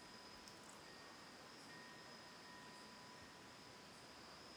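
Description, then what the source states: Cricket trilling steadily, high and thin, with soft bell tones and wind in the background. Autumn night recorded Oct. 10, 2020 at a lakeside home in Ithaca, New York; wind off Cayuga Lake through trees and a tolling windbell present.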